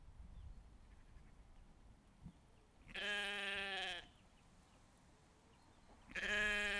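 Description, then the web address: Sheep bleating: two loud, drawn-out nasal bleats about three seconds apart, the second continuing to the end, with faint rustling in the quiet between. Recorded outdoors. "Animal Moutons - Plein Air"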